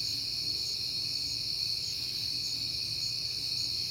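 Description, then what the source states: Crickets in a continuous high trill, with higher short chirps at regular intervals over a faint low rumble. On a peaceful night in September, when crickets were heard often.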